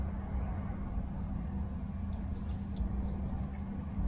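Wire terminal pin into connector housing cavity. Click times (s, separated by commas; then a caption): 3.5 s. A wire terminal pin on a Jeep JL Wrangler Mopar auxiliary switch bank (82215798AD) is repositioned and pushed into its connector housing cavity over a steady low rumble. A short, sharp click at 3.5 s marks the terminal seating in the cavity.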